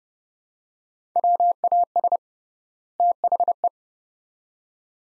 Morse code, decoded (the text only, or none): WAS THE